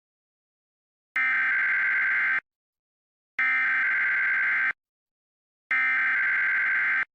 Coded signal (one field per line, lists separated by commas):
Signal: Emergency Alert System (SAME) tones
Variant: header bursts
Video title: EAS Mock - New York City RMT recreation v3